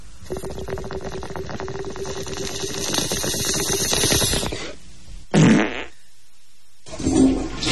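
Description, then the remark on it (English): Sound effects played on the Tom Leykis Show: a long, rattling bong-hit gurgle runs for several seconds, then stops, followed by a short, loud fart and a final brief rushing toilet-flush burst. No one speaks. “Well, can you take me out three-way with a bong head, a fart, and a flush?”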